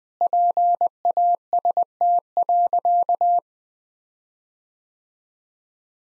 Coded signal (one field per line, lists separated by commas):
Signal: Morse code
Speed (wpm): 20 wpm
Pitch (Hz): 700 Hz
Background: none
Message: PAST.